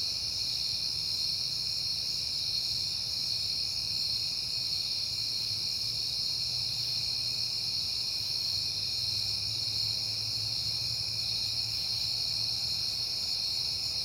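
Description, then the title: Many crickets keep up a continuous shrill trill, with a soft low hum in the background. Crickets recorded at night in September, on a peaceful night. "Night Time: Crickets and Passing Cars"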